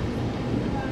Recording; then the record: coughing mixed with background sound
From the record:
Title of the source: choking, hacking coughing